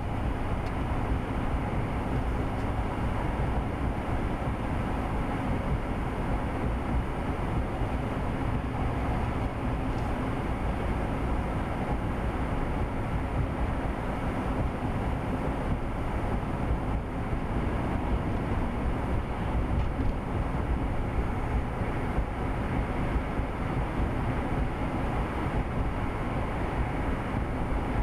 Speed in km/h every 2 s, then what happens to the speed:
56, 55, 56, 55, 56, 56, 56, 56, 58, 58, 58, 58, 58, 58.
0-28 steady at about 56.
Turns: none.